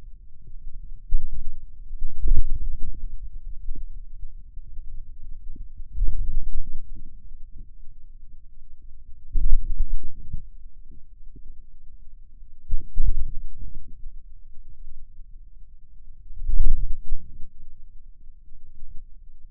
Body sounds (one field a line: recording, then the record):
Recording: forearm muscle sounds (acoustic myography)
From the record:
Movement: ulnar deviation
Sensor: system 2, bracelet of six BSWA MPA416 microphones around the upper forearm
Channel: 5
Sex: male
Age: 22 years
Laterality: right